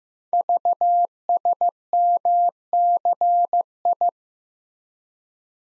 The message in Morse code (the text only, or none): VSMCI